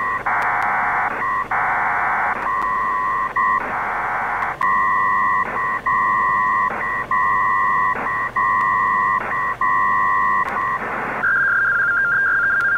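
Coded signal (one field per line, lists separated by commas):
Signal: HF data modem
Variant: PACTOR III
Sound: two-tone warbling data with short gaps, alternating with harsh wideband hissing bursts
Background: radio static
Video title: Winlink Pactor 3 connection using Airmail v3.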